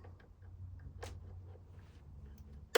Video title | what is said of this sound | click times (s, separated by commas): Circuit Board Replacement | Just kind of wiggle it in there gently. You'll hear it snap in place. | 2.8 s